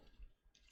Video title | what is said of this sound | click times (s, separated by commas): INWIN B1 ITX PC Build With 2200G ASRock B550M ITX AC LIVE | And there was a semi-satisfying click. | 0.6 s, 0.7 s